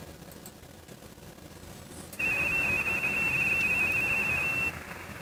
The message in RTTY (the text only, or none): VE2FXL CQ